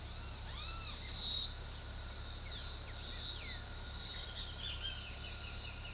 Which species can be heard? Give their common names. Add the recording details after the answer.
Great Kiskadee, Olive-grey Saltator. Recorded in forest near Pivijay, Magdalena, Colombia, on 15 April 2023 at 09:00. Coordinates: 10.467, -74.380. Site Z5-G034